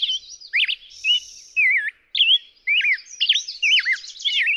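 Black-headed grosbeak song, a lively sequence of looping whistled notes sliding up and down, delivered in quick bursts with short pauses.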